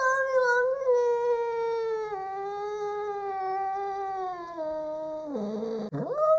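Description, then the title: Cat producing a long, wavering angry yowl that steps down in pitch, dips sharply near the end, then rises again. "Звук злой кошки"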